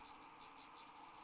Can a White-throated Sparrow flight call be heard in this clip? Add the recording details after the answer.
no. No flight call is heard. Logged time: 11:33 on 30 November 2014